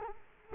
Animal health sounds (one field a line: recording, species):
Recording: mosquito wingbeat signal from an infrared sensor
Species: Culex quinquefasciatus